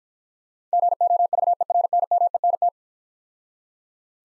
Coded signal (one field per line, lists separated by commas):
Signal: Morse code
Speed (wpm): 53 wpm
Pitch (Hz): 700 Hz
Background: none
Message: GOVERNMENT